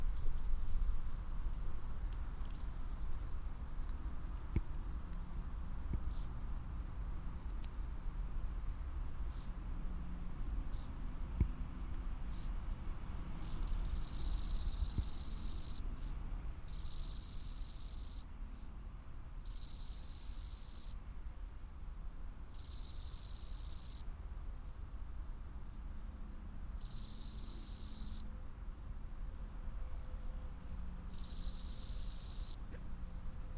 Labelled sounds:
Bow-winged Grasshopper stridulation
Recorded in the wild
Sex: male
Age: imago
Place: Summt, Brandenburg, DE
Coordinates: 52.682, 13.377
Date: 1996-09-01 13:20
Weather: heiter, 17-18°C
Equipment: Sony MD-WM MZ-R3, Sennheiser MKH 416 T, Kopie Uher 4000 Report Monitor
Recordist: Tembrock, Günter
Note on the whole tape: Männchen: Stridulation (sehr gut), nur ein Hinterschenkel

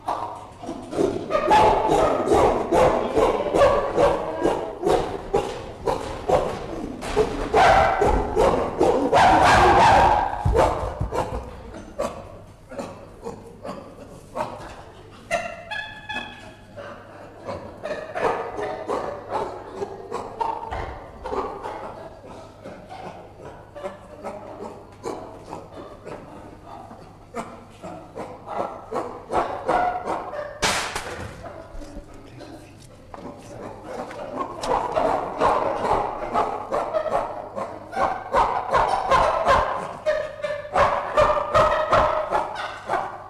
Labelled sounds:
Chimpanzee call
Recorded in captivity
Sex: group
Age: adult
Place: Zoo Berlin, Berlin, DE
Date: 1958-12-02 16:00
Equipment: Vollspur
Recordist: Tembrock, Günter

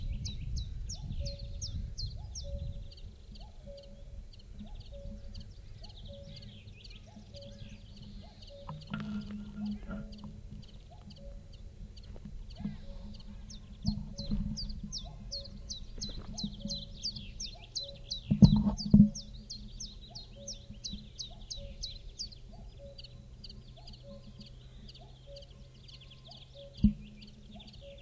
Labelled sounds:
Common Chiffchaff song
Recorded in the wild
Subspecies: collybita
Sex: male
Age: adult
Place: Ramsau, Bayern, DE
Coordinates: 47.625, 12.825
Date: 1964-05-30
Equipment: LGS26
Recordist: Faber, A. and Stumbrat

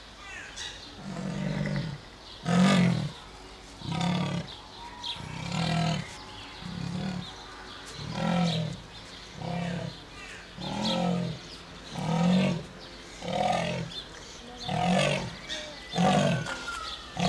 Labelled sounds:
Leopard call
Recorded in captivity
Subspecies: saxicolor
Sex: male
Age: adult
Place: Zoo Berlin, Berlin, DE
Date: 2004-06-07 13:50
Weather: partly sunny, 23-25°C
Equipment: Sony WM-D6C, Sennheiser ME 80, Kopie Uher 4000 Report Monitor
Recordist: Tembrock, Günter

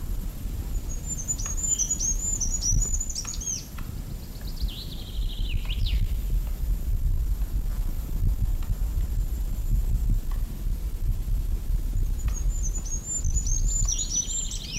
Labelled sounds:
Common Chaffinch
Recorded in the wild
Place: Mežakla, Julijske Alpe, Gorenjska, SI
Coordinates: 46.4, 14
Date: 1967-06-17
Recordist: Brunner, Thomas

